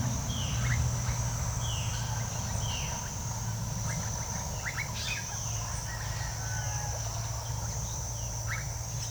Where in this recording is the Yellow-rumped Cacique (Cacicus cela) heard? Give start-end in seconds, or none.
4.84-5.28